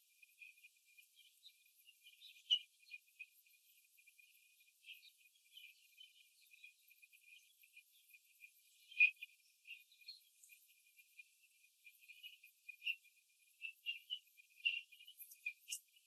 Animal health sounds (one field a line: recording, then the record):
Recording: young laying hens in a cage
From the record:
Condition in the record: before the stressor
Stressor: simulated dog barking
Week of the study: 3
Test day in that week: 1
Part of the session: 2